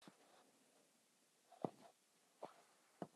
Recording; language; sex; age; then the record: spoken sentence; Brazilian Portuguese; male; 60 to 69 years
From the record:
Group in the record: control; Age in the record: 66 years